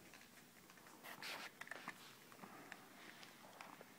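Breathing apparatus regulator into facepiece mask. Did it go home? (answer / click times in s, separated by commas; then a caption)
no / none. An SCBA breathing-apparatus regulator is being fitted onto its facepiece mask, with a burst of rustling handling noise around 1.1–1.5 s and short, sharp taps near 1.6, 1.7, 1.9, 2.7 and 3.6 s. These taps are handling noises, not the latch. The regulator has not clicked into the facepiece yet, so the connection is not locked.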